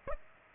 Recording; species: mosquito wingbeat signal from an infrared sensor; Aedes aegypti